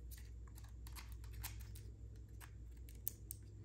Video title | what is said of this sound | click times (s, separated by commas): SONY ZV-1F Unboxing + Demo | heard that click | 3.1 s